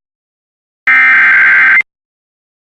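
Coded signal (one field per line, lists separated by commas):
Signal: Emergency Alert System (SAME) tones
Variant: header bursts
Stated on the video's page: Valid EAS tones for severe thunderstorm warnings, taken from a satellite LF emulator and weather streams.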